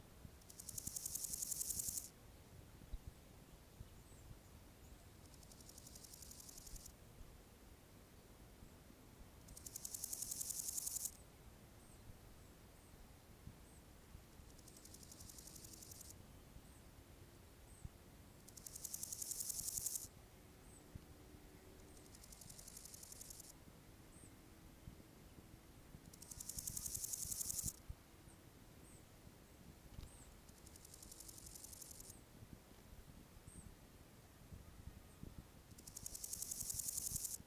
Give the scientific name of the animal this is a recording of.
Chorthippus montanus